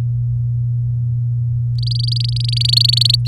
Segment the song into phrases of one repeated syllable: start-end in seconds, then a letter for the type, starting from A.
1.78-3.15 A